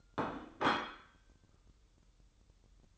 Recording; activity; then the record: daily activity, microphone in the room; place plate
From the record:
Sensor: 3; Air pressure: 988.6 hPa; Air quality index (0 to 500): 198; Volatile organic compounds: 338 ppm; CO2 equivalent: 4560 ppm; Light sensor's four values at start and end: 23/71/30/25 and 22/71/30/25